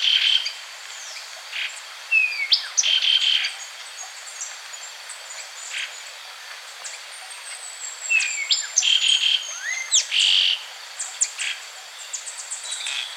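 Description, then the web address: Bronze-green euphonia song: busy, high chips and short whistled slurs in irregular clusters, with several overlapping high calls throughout. South America. "Natures Songs S America Bronze-Green Euphonia"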